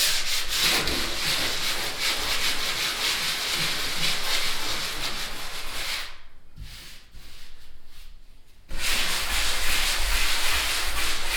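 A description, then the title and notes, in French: Hand-sanding a plaster wall: a dense, steady gritty rubbing that pauses around six seconds, with lighter strokes, then resumes at full strength near nine seconds. Poncage manuel d'un mur en plâtre. Avril 2010, Couternon.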